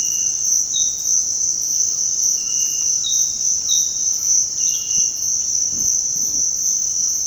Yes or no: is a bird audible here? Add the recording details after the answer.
no. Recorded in dense forest near Puerto Asís, Putumayo, Colombia, on 19 February 2024 at 06:30. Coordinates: 0.472, -76.329. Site G6394